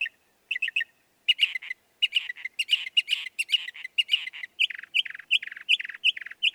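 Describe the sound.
Northern mockingbird song: quick repeated chips and chattering notes, shifting to a series of clear downslurred whistles repeated in steady succession.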